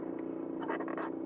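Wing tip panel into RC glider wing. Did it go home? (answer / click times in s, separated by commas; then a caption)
no / none. A wing tip panel, its wires tucked in, is handled against the wing of a Volantex RC ASW-28 sailplane. Soft scraping and a few brief ticks near 0.2, 0.9 and 1.0 seconds sit over a steady low hum. Nothing has seated or clicked into place yet.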